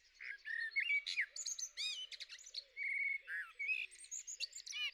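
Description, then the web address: Common blackbird song, a dense run of fluty slurred whistles mixed with sharp high chirps. "2021 04 09-merel"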